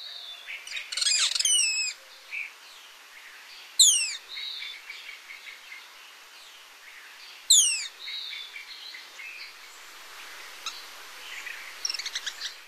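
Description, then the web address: Rose-throated becard calls: thin, high whistles sliding steeply downward, given twice about four seconds apart, after a brief squeaky chatter near the start. "Songs of Birds of North America Stokes. Rose-throated Becard"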